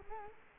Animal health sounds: mosquito wingbeat signal from an infrared sensor; Culex quinquefasciatus

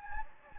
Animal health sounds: mosquito wingbeat signal from an infrared sensor; Anopheles gambiae

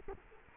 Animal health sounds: mosquito wingbeat signal from an infrared sensor; Culex quinquefasciatus

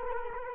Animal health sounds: mosquito wingbeat signal from an infrared sensor; Culex quinquefasciatus

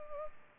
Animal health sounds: mosquito wingbeat signal from an infrared sensor; Culex pipiens

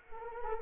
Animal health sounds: mosquito wingbeat signal from an infrared sensor; Anopheles arabiensis

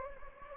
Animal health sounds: mosquito wingbeat signal from an infrared sensor; Anopheles gambiae

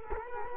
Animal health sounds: mosquito wingbeat signal from an infrared sensor; Culex quinquefasciatus

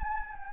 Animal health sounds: mosquito wingbeat signal from an infrared sensor; Anopheles gambiae

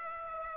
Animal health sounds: mosquito wingbeat signal from an infrared sensor; Aedes aegypti

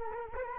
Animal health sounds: mosquito wingbeat signal from an infrared sensor; Culex quinquefasciatus

